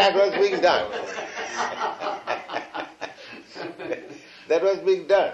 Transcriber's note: laughter